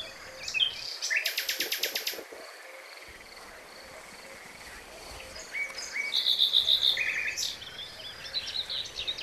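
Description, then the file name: Common nightingale singing a rapid pulsed rattle, then a pause, then a quick run of repeated piping notes and a few whistled phrases. "Luscinia megarhynchos"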